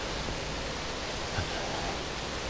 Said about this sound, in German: Das war jetzt der Überlauf von einem der oberen, ja, Wasserwege runter in den Kaltenbach.